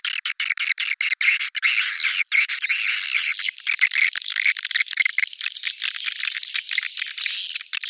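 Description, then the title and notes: Swiftlet chirping calls, a dense high chatter of rapid clicks and twitters, with sharp bursts at the start giving way to continuous overlapping chirps. Sound used in swiftlet farming in Asia. "Swiflet Bird Sound. Farming Swiflet Bird asia sound"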